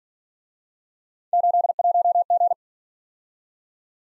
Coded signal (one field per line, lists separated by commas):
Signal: Morse code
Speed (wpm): 46 wpm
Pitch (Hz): 700 Hz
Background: none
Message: 81G